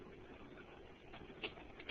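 A toner cartridge and drum assembly is handled and slid back into a Samsung CLP-300 laser printer. A low, steady rustle carries through the clip, with short knocks at 1.4 s and 1.8 s. Nothing has seated or clicked into place yet.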